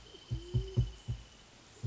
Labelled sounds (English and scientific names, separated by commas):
Wrentit (Chamaea fasciata)